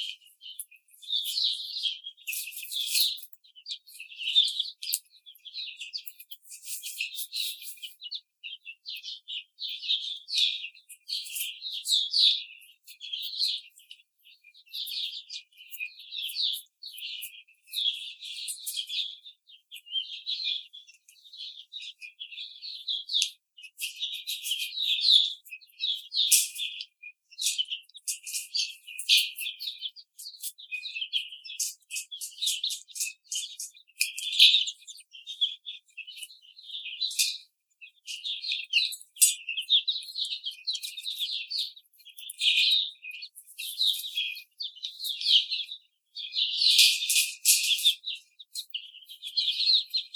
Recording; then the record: young laying hens in a cage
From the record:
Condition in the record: treatment cage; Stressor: simulated dog barking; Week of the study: 5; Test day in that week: 1